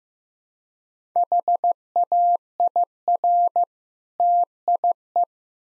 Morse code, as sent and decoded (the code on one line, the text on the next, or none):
.... .- .. .-. / - .. .
HAIR TIE